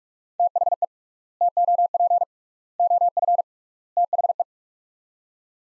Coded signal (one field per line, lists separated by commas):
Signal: Morse code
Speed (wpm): 48 wpm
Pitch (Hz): 700 Hz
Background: none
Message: THE TOP OF THE